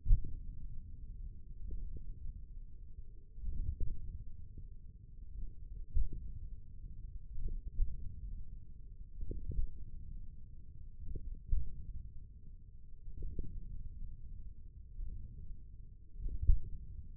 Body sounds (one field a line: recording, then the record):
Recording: forearm muscle sounds (acoustic myography)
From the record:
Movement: wrist extension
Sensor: system 1, eight BSWA MPA416 microphones around the upper forearm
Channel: 2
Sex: male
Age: 28 years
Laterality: right